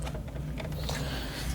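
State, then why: Not seated. A power cable connector is slid into the power socket of an RTX 5070 graphics card, giving a few soft scrapes and taps over a steady low hum. No click is heard; the connector has not clicked into place yet.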